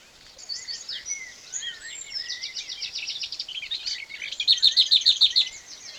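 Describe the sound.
Bird song, a busy jumble of high twittering and warbled phrases, then a loud burst of quick repeated notes.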